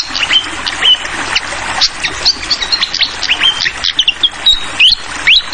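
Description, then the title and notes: Fantail song of bright whistles, level and upward-slurred, repeated in quick bursts against a background of trickling, splashing water. Masteran tutor song for training songbirds: clear-voiced fantail song with the sound of flowing water. "Masteran Sikatan Kipas Suara Jernih Dan Suara Gemericik Air. Suara Burung Sikatan Londo"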